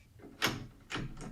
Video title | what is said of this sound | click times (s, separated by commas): Echelon Sport Bike Rules Them All? Honest Review | a nice little clicking sound | 1.2 s